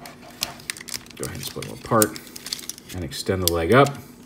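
A plastic leg of a Maketoys RE:Master MTRM-CF-01 Solarflare transforming robot toy is handled, split apart and extended upward toward its hip joint. Someone talks over several sharp plastic taps and clicks of handling. The leg's tab has not yet snapped into place; nothing has seated or clicked home yet.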